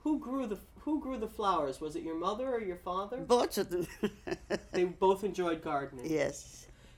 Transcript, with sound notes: Who grew the, who grew the flowers? Was it your mother or your father?
Both of them. ( she laughs )
They both enjoyed gardening.
Yes.